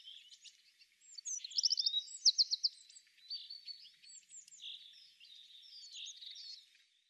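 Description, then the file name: Eurasian wren song, faint, with quick high trills and scattered thin notes over a light background hiss. "Troglodytes troglodytes"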